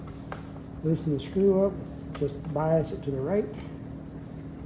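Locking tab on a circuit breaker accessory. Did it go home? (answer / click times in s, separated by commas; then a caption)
no / none. Someone talks while handling the locking tab on a trip actuator for a CM52 circuit breaker, loosening the screw and biasing the tab to the right so it will lock. A brief tap is heard near 0.3 s over a steady low hum. Nothing has seated or clicked yet.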